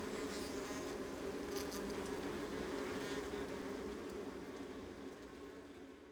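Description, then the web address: Honey bees buzzing in a colony, a steady droning hum that fades slightly toward the end. Honey bee colony, recorded close, Adriatic sea coast, northern Mediterranean soundscape. "Ivo Vicic - Northern Mediterranean soundscapes - Adriatic sea Honey bee colony close"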